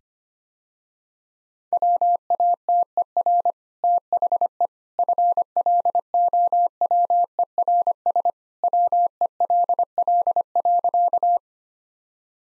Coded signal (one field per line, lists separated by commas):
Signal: Morse code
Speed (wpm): 25 wpm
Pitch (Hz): 700 Hz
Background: none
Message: WATER THE FLOWERS WELL.